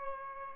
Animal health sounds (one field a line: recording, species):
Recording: mosquito wingbeat signal from an infrared sensor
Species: Aedes albopictus